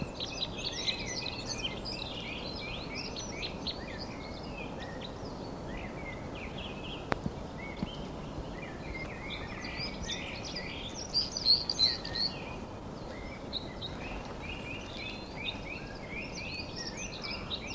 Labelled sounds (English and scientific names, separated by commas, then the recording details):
Red Crossbill (Loxia curvirostra)
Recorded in the wild
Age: adult
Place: Mirnock, Kärnten, AT
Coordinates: 46.758, 13.714
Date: 1972-04-03
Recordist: Brunner, Thomas